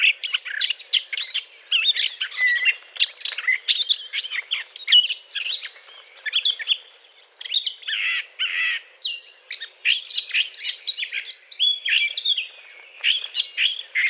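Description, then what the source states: Eurasian blackcap song, a long, rich warble of varied chirps, trills and fluty notes, delivered almost without pause. Courtship song.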